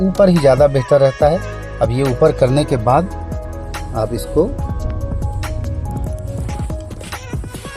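After the steering wheel is raised, the tilt lock lever on a car steering column is handled while someone talks over background music. Brief handling noises occur around 5.6, 5.9 and 6.7 seconds. Nothing has seated or clicked yet, and the lever has not been locked by the end of the clip.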